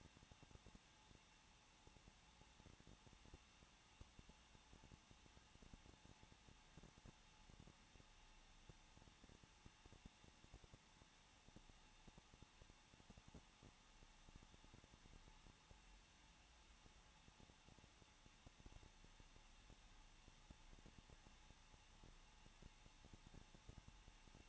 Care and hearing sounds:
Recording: daily activity, microphone in the room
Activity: no activity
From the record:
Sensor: 1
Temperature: 20.1 degrees Celsius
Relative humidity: 39.3%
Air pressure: 1006.3 hPa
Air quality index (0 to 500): 218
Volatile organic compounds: 79 ppm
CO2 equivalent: 3598 ppm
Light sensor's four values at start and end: 1/2/1/1 and 1/2/1/1

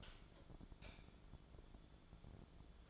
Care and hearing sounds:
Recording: daily activity, microphone in the room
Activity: light off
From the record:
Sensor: 5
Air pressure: 1010.3 hPa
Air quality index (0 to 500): 113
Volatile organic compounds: 2 ppm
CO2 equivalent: 1112 ppm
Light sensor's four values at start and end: 517/1330/548/621 and 516/1325/547/619

